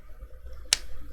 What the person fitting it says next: just like that snapped right in